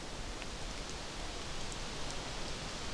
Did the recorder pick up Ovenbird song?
no